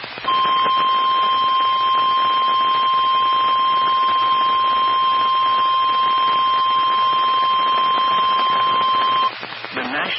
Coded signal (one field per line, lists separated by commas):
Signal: Emergency Alert System (SAME) tones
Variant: 1050 Hz attention tone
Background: speech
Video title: EAS 1959-1963 (6/13/22)